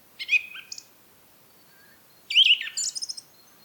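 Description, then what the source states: Song thrush phrases, a whistled motif and then a fast, chattering, high-pitched run after a short gap. Recorded at Rambjøra on 30 March 2023 with a Zoom recorder.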